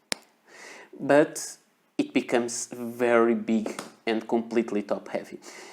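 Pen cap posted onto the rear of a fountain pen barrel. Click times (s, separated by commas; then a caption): 0.1 s. The cap of a cartridge fountain pen is posted onto the rear end of the barrel and snaps into place with a sharp click at 0.1 s, seating securely. Someone then talks.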